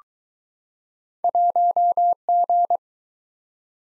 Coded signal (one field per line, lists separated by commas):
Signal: Morse code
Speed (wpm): 21 wpm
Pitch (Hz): 700 Hz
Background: none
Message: 1G